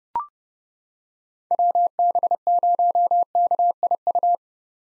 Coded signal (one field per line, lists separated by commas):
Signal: Morse code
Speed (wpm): 32 wpm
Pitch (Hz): 700 Hz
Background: none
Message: WB0KIU